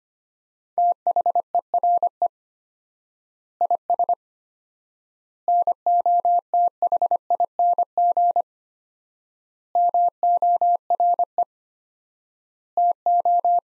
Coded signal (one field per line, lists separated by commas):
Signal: Morse code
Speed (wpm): 25 wpm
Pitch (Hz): 700 Hz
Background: none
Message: THERE IS NOTHING MORE TO